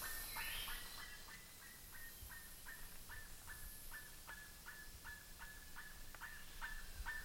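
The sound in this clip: Bird repeating short, falling notes nearly three times a second, quiet against a soft hiss, with brief high buzzes at times.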